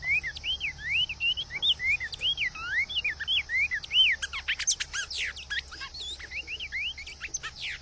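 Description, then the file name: Cinnamon tanager delivering a steady string of arched, whistled notes, later joined by sharp, high chips and twitters. "Canto do bico de veludo"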